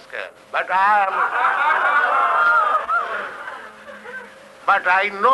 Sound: loud laughter

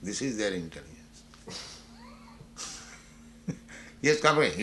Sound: laughs

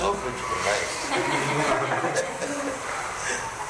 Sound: laughter

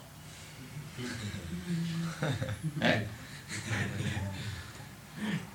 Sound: laughter

